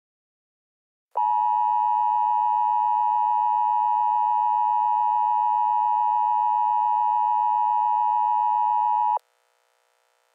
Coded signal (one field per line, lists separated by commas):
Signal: Emergency Alert System (SAME) tones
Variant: 853 and 960 Hz attention tone